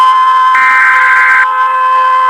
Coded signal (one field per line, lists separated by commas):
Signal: Emergency Alert System (SAME) tones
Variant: header bursts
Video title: Falkland islands EAS Alarm (oversea territory by UK)